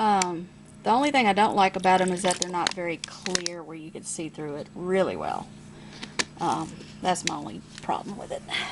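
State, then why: Seated. Someone talks while a lid is pressed onto a thick plastic tarantula enclosure. A sharp snap at 6.2 s marks the lid seating into place easily.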